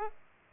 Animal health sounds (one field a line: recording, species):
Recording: mosquito wingbeat signal from an infrared sensor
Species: Aedes aegypti